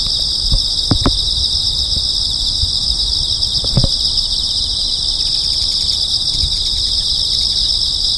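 Insects keep up a steady high-pitched buzzing drone, broken by a few low knocks and thumps near the start and middle.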